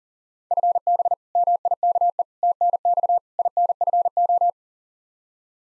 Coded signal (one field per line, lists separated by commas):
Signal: Morse code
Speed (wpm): 40 wpm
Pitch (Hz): 700 Hz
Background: none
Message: FB MIKE TNX INFO